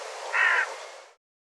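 A bird gives one short, harsh, hoarse call that swells briefly, then stops, leaving silence.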